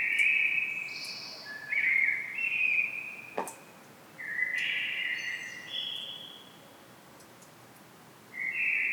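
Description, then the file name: Common blackbird delivering fluty warbled phrases, with a sharp click or tap midway, then a long pause before another melodic phrase begins. "Turdus merula"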